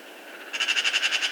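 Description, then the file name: Eurasian magpie giving a harsh, rapid rattling chatter that starts after a brief pause and runs steadily to the end, each dry note closely spaced. "Pica pica"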